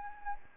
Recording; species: mosquito wingbeat signal from an infrared sensor; Anopheles arabiensis